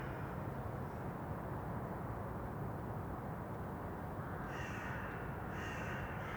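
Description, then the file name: Crow giving two harsh caws about a second apart near the end, after a long stretch of steady low rumbling background noise. Crows recorded in an urban setting. "Detunized - Urban Crows"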